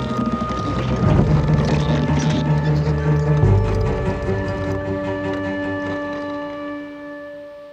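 Boats being lowered from a ship into the sea: a steady, humming drone with sustained tones, rushing wind and water noise, and irregular wooden knocking that fades gradually toward the end.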